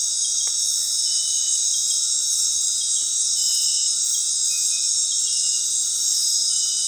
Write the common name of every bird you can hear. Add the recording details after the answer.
none. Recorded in dense forest near Puerto Asís, Putumayo, Colombia, on 21 February 2024 at 22:30. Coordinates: 0.502, -76.326. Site G6460